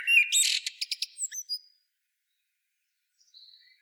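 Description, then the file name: Common blackbird phrase that opens with a warbled note and breaks into a fast series of sharp high clicks, then near silence with a faint thin note. "Turdus merula"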